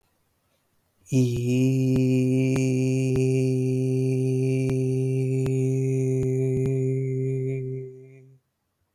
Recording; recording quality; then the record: sustained vowel as in beet; excellent, no background noise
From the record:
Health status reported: healthy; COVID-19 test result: negative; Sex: male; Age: 29 years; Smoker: no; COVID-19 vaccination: both doses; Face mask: not worn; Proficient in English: yes